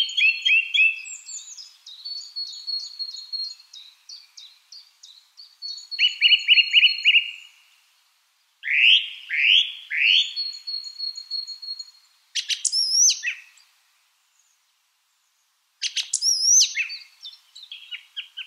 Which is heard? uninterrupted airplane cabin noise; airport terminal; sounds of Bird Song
sounds of Bird Song